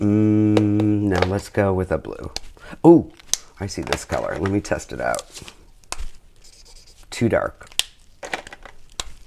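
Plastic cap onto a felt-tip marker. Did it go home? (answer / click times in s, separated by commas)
yes / 9.0 s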